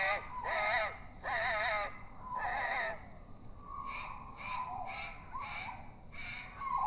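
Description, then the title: Great tit begging calls: three loud, drawn-out, quavering cries, then a run of softer shorter chirps roughly twice a second, and a final loud note. Juvenile, slowed down four times; begging for food with trembling wings while perched on the backrest of a deck chair; able to feed itself but prefers being fed; offered soaked dried mealworms. "Junge Kohlmeise bettelt melodramatisch"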